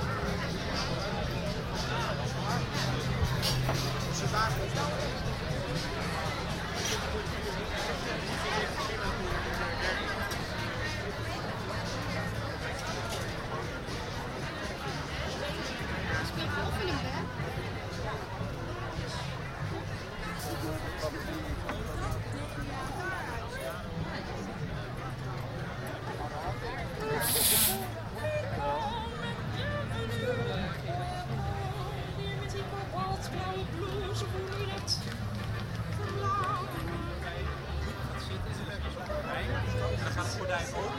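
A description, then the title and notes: Outdoor crowd at a theatre festival in a park, a steady dense babble of many voices. A low hum runs underneath throughout, and a brief sharp bright burst stands out near the 27-second mark. Recorded july 7th 2011 at the theatre festival the Parade in the Westbroekpark. Westbroekpark Den Haag.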